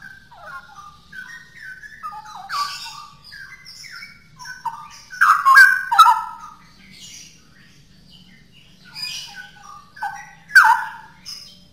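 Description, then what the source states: Straw-headed bulbul song: continuous jumbled warbling of rich mellow notes, building to loud bubbling outbursts around five to six seconds and again near eleven. Song in the style called ropel; labelled as original (asli).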